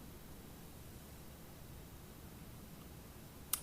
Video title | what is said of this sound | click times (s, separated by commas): How to: Add Memory to Your Computer | press down on both ends until the clips are secure you'll hear a click when it's in place | 3.5 s